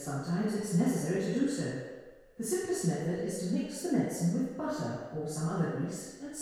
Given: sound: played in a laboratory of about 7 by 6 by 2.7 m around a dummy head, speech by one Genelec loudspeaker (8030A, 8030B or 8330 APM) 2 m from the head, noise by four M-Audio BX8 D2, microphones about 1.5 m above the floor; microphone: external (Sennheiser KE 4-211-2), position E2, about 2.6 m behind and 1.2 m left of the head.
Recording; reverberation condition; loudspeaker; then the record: female speech in English; high; behind (180 degrees)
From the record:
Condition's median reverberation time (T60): about 1300 ms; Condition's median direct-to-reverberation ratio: about -4.0 dB